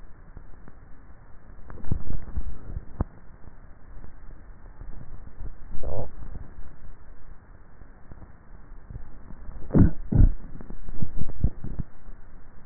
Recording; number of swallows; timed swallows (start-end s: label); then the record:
swallowing sounds by neck microphone; 3
1.72-2.58 s: swallow
5.68-6.48 s: swallow
11.22-11.78 s: swallow
From the record:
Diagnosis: dysphagia